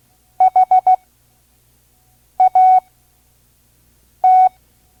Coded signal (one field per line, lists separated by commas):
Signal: Morse code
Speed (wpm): 16 wpm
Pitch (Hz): 740 Hz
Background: none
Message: HAT